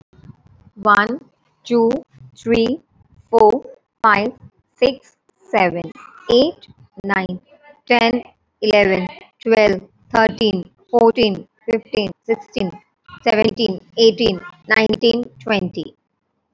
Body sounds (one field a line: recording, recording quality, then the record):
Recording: counting at a normal pace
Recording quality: excellent, no background noise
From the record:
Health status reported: recovered from COVID-19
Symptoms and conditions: cough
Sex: female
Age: 27 years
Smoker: not ticked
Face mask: not worn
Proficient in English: yes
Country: India